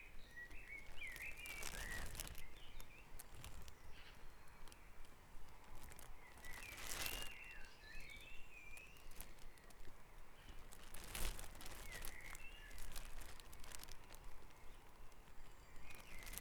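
A dawn chorus on Back Dragon Avenue, Harrogate: short bright chirps and warbling calls come in clusters every few seconds over a steady low rumble. Several sharp, loud clicks or knocks punctuate it, near two, seven and eleven seconds.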